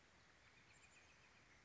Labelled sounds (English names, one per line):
Chestnut-backed Chickadee